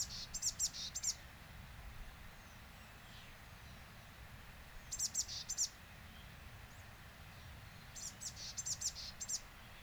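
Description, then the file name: Eurasian blue tit calling in three short bursts of high, thin, rapid ticking notes spaced a few seconds apart, with steady low background noise between. "Cyanistes caeruleus"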